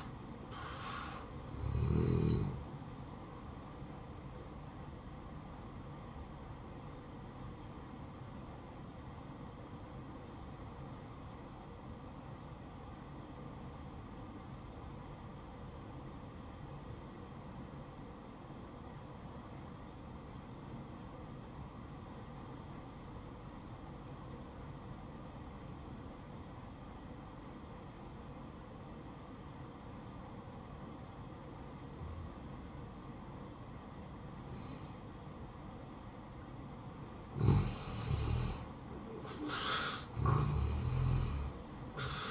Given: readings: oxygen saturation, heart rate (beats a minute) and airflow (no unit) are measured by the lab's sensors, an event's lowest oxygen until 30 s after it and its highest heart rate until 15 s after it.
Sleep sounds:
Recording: breathing in sleep by a smartphone at the bedside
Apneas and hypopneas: 1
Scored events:
9.00-39.00 s: new sleep stage, N2 (light sleep)
10.00-36.90 s: obstructive apnea (N2, oxygen 96% highest, then 87% lowest, heart rate 60 at the start, 74 highest)
39.00-42.31 s: new sleep stage, N1 (lightest sleep)
From the record:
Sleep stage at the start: N1 (lightest sleep)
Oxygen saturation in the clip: 86 to 96%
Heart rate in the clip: 58 to 70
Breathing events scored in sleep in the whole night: 573 in 9.8 hours asleep

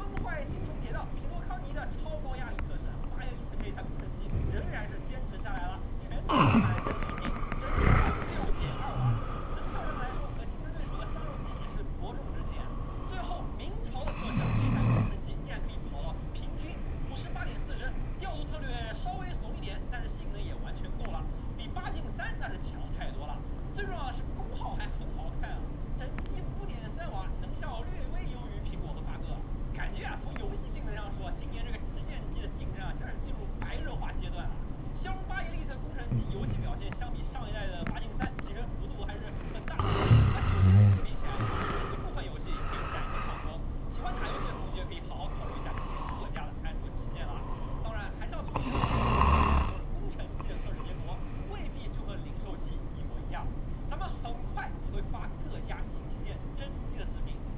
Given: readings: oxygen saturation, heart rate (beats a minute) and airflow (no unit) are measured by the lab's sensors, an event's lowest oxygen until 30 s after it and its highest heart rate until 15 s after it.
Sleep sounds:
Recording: a person awake in a sleep study, by a smartphone at the bedside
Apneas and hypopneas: none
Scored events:
0.00-57.57 s: awake
From the record:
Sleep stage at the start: awake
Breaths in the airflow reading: 20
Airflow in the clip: -0.7 to 0.7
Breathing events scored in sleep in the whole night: 403 in 5.5 hours asleep

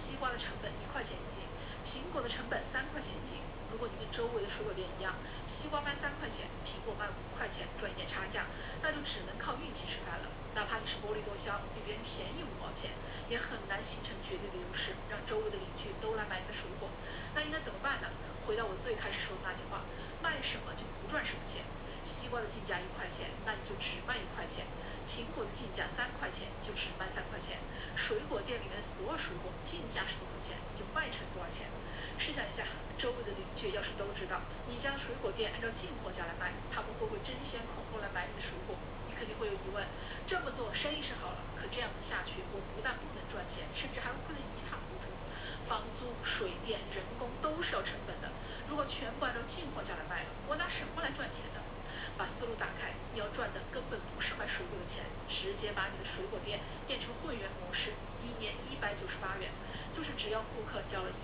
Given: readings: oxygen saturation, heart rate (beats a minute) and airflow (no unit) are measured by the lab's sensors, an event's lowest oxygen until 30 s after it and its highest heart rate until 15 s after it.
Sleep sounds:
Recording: a person awake in a sleep study, by a voice recorder at the bedside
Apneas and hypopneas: none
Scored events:
0.00-61.23 s: awake
From the record:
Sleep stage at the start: awake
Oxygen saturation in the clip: 92 to 94%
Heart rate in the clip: 60 to 66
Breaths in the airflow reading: 20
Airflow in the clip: -6.0 to 5.6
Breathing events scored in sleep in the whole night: 476 in 9.7 hours asleep

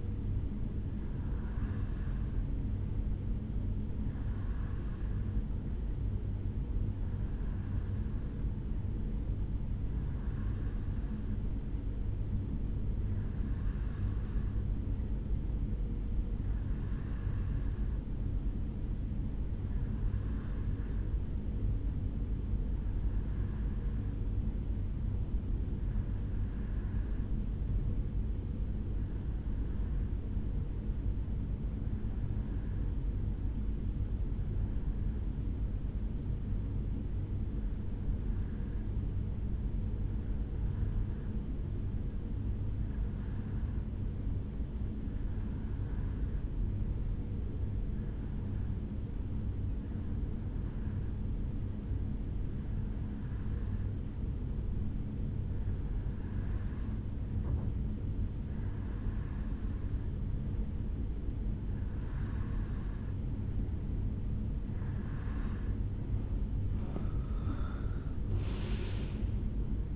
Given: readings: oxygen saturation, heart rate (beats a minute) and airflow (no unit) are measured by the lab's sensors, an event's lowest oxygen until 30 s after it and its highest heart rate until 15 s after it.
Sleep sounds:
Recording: breathing in sleep by a smartphone at the bedside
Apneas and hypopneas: 1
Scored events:
33.00-62.30 s: hypopnea (REM, oxygen 88% highest, then 82% lowest, heart rate 70 at the start, 84 highest)
From the record:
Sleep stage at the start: REM sleep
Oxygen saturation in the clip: 83 to 89%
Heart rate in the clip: 70 to 76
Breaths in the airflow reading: 24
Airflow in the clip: -11.2 to 6.0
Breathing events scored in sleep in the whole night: 449 in 7.0 hours asleep

